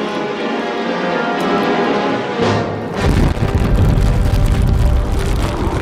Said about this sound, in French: Sept heures plus tard, au petit matin du 12 décembre 1942, Bordeaux et ses environs se réveillent sous les explosions. L'Alabama est touchée, le Tannenfels menace de sombrer, le Dresden coule, le Portland est en feu.